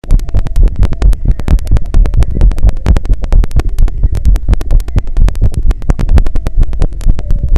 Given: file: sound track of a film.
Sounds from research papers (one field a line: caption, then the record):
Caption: Heart sounds of patient 8 after surgery recorded by Auscul Pi. The murmurs have disappeared.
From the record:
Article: A Low-Cost, Ear-Contactless Electronic Stethoscope Powered by Raspberry Pi for Auscultation of Patients With COVID-19: Prototype Development and Feasibility Study